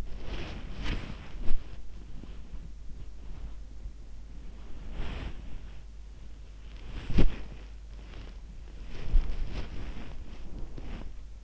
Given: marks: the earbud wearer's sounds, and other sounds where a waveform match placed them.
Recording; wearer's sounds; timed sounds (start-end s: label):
sounds in sleep by an in-ear microphone; body movement
0.00-5.84 s: body movement
6.81-11.44 s: body movement